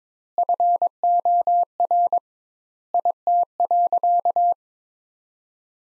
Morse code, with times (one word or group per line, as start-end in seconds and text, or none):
0.4-2.2 FOR
2.9-4.5 IT.